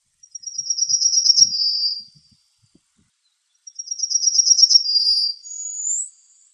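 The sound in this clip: Bird song: two high, rapid trilled phrases a few seconds apart, the second ending in a thin rising whistle; background otherwise quiet.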